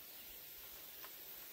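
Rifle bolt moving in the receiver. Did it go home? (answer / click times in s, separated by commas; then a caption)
no / none. A rifle bolt is eased slowly forward in the receiver before being rested closed, heard as a steady hiss-like noise with a faint brief rise around 1.0 s. The bolt has not closed or clicked yet.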